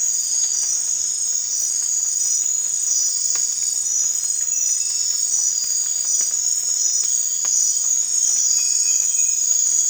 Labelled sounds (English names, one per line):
none